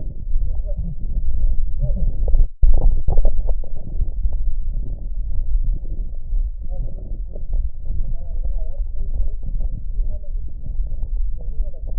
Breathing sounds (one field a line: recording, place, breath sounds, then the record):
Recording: lung sounds by stethoscope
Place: right anterior middle chest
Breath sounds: crackles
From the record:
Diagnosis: heart failure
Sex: male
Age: 54 years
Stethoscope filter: extended mode, 50 to 500 Hz